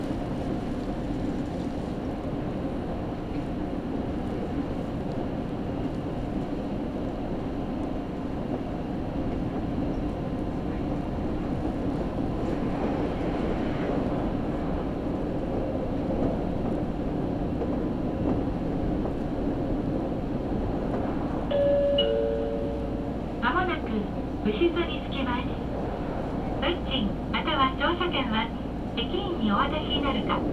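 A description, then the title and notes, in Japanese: A steady, dense low rumble of a train running along the line fills the whole recording, with the hum of the carriage underneath. Just past twenty seconds a brief tonal whine sounds, followed by a voice speaking intermittently over the running noise. 唐津線・長崎本線 佐賀→久保田→肥前山口。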